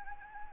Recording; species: mosquito wingbeat signal from an infrared sensor; Anopheles gambiae